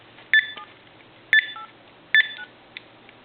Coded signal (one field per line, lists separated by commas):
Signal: DTMF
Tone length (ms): 70 ms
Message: 7 89